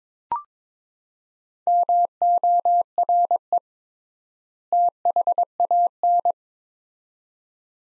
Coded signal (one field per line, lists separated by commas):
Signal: Morse code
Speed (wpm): 21 wpm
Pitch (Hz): 700 Hz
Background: none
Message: MORE THAN